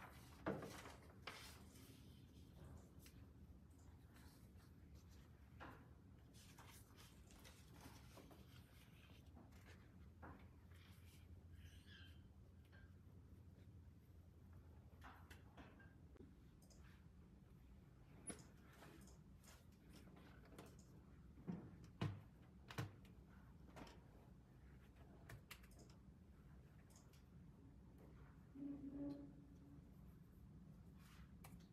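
A library in Glasgow, filled with a steady low murmur and hum. Scattered light knocks, clicks and shuffles come throughout, with a few sharper thuds around the middle and a brief muffled voice near the end.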